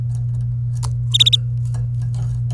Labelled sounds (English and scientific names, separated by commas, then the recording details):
Domestic Canary (Serinus canaria) song
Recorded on 27 April 2018 at 08:48
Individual llb3